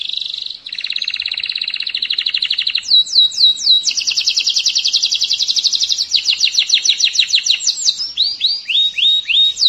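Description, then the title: Canary singing rapid buzzy trills that shift in pitch and speed, with bursts of repeated sweeping slurs near the middle and end. "Kenari"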